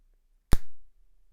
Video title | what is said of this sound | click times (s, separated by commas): SLIMMEST iPhone 15 Pro Case by TAC... Weighs ONLY 7G!! | as you can probably hear it snaps in very well but when it comes to the sides and the back | 0.5 s